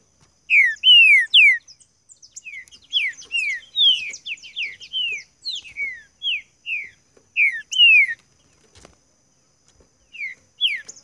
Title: Esse É PERFEITO Para ESQUENTAR Seu TRINCA Piando, Cantando E Macheando Na DISPUTA. TRINCA FERRO CANTANDO MUITO PARA ESQUENTAR TRINCA FERRO